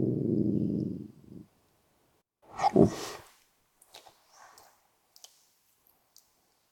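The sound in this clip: Miniature Dachshund growling low for over a second, then a single loud rough vocal burst, followed by soft clicks and rustles.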